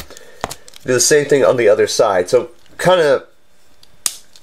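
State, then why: Seated. Someone talks while fitting a plastic leg panel into the other leg of a transforming robot toy, repeating the same leg lock done on the first side. After the talking stops, a single small, sharp snap is heard at 4.1 s as the part locks into place, confirming it has seated.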